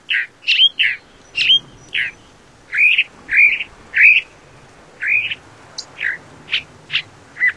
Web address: Songs of Birds of North America Stokes. California Thrasher